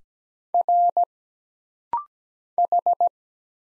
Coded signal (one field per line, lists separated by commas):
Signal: Morse code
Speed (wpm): 17 wpm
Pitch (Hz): 700 Hz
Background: none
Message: R H